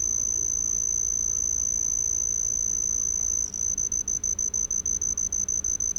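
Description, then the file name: Homoeoxipha lycoides cricket song, an unbroken shrill pure-tone trill for several seconds, then switching to a rapid series of short regular interruptions, with faint low rumble underneath. "Homoeoxipha lycoides"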